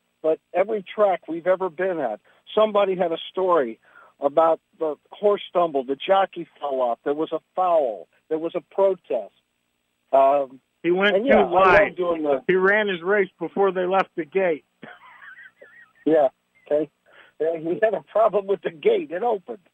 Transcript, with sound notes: But every track we've ever been at, somebody had a story about the horse stumbled, the jockey fell off, there was a foul, there was a protest, um-
"He went too wide."
And yeah, I love doing the-
"He ran his race before they left the gate." (laughs)
Yeah. Okay. Or, "He had a problem with the gate, it opened."